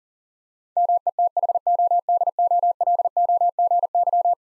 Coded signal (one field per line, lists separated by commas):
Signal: Morse code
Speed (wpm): 40 wpm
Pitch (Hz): 700 Hz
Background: none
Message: METHODOLOGY